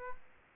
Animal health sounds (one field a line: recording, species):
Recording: mosquito wingbeat signal from an infrared sensor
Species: Aedes aegypti